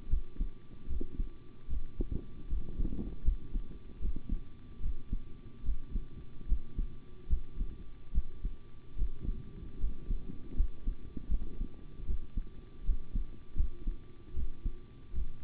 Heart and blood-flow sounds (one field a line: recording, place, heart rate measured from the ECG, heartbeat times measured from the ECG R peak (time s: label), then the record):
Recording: heart sounds by stethoscope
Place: between the tricuspid and mitral areas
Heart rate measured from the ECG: 76 bpm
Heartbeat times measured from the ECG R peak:
0.08 s: heartbeat
0.87 s: heartbeat
1.68 s: heartbeat
2.48 s: heartbeat
3.23 s: heartbeat
4.00 s: heartbeat
4.81 s: heartbeat
5.63 s: heartbeat
6.47 s: heartbeat
7.28 s: heartbeat
8.12 s: heartbeat
8.96 s: heartbeat
9.78 s: heartbeat
10.55 s: heartbeat
11.28 s: heartbeat
12.05 s: heartbeat
12.84 s: heartbeat
13.55 s: heartbeat
14.34 s: heartbeat
15.13 s: heartbeat
From the record:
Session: rest, sitting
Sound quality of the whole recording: good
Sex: male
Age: 25 years